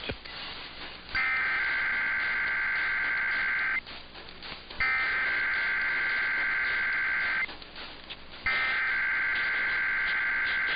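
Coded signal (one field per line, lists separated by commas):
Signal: Emergency Alert System (SAME) tones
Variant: header bursts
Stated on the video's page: Required Monthly Tests for Los Angeles and Nevada, plus automatic Required Weekly Tests from two radio stations.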